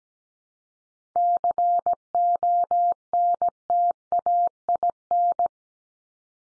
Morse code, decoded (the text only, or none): CONTAIN